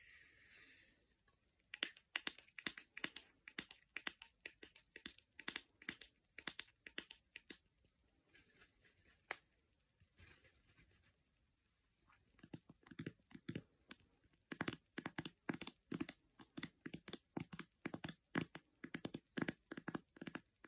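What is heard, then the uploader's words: Fingertips tap out quick, crisp strikes, coming in uneven clusters with brief pauses between bursts. A soft hiss opens the first second, and the tapping thins out around ten to twelve seconds before returning denser and louder through the final stretch. ASMR taping et autre.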